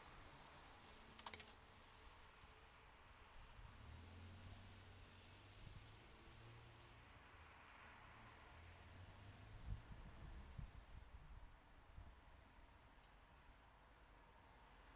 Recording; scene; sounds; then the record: everyday scene through a hearing-aid microphone; in traffic; traffic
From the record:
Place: city secondary road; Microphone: in the ear canal, left